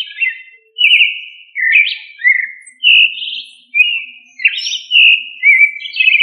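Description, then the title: Thrush song: clear whistled phrases with warbled, slurred notes, each phrase a short varied burst separated by brief pauses. "Familia Turdidae - Sabia"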